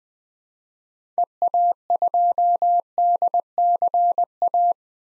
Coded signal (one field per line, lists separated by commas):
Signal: Morse code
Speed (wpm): 20 wpm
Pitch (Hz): 700 Hz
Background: none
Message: EA2DCA